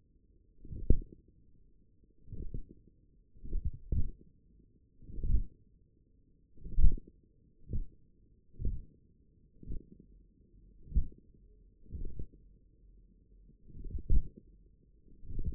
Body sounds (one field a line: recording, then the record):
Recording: forearm muscle sounds (acoustic myography)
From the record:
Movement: hand closing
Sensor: system 1, eight BSWA MPA416 microphones around the upper forearm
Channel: 3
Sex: male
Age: 42 years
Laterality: right